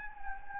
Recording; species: mosquito wingbeat signal from an infrared sensor; Anopheles gambiae